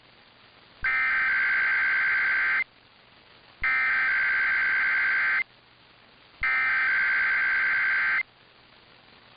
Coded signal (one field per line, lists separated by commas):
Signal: Emergency Alert System (SAME) tones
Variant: header bursts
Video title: [EAS #2571-#2573] Sunday Night Required Weekly Tests